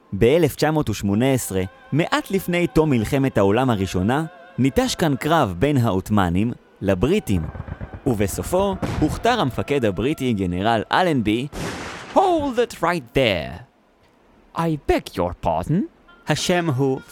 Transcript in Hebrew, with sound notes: ב-1918, מעט לפני תום מלחמת העולם הראשונה, ניטש כאן קרב בין העות'מאנים לבריטים ובסופו הוכתר המפקד הבריטי גנרל אלנבי… (מתפרץ במבטא בריטי כבד) Hold it right there! I beg your pardon! השם הוא: